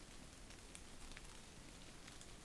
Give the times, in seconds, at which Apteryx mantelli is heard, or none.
none